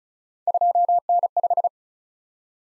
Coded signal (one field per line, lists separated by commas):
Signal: Morse code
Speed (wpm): 36 wpm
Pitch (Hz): 700 Hz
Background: none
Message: 2N5